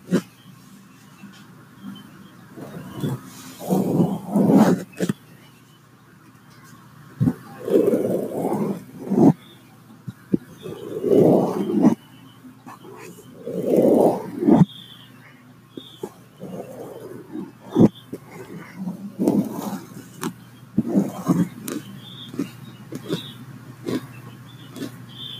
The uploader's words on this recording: Tapping and brushing sounds. The types of brushes I used where new paint brushes that sounded amazing!